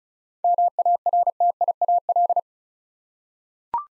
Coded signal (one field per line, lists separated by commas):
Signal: Morse code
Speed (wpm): 35 wpm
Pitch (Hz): 700 Hz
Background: none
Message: MARTIAL